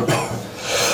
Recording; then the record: coughing mixed with background sound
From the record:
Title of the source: Cough Around the Clock!